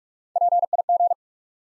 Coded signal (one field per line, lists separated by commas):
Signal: Morse code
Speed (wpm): 44 wpm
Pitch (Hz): 700 Hz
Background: none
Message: P I G